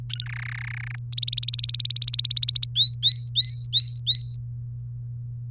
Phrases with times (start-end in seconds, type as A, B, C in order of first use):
0.10-0.24 A, 0.26-0.95 B, 1.12-2.66 C, 2.75-4.35 D